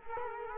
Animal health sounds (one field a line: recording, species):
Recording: mosquito wingbeat signal from an infrared sensor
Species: Culex quinquefasciatus